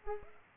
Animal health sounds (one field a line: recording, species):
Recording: mosquito wingbeat signal from an infrared sensor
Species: Culex pipiens